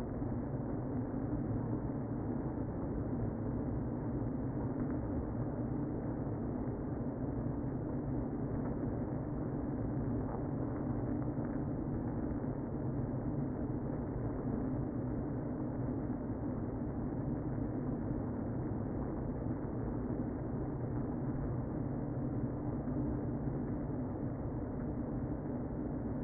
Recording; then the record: honeybee colony, microphone inside the hive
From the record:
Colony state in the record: queen present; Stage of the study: before two queens were removed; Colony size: about 60,000 bees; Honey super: yes